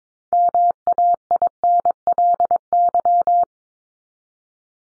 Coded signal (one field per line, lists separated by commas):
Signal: Morse code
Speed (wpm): 22 wpm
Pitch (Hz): 700 Hz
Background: none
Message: MAINLY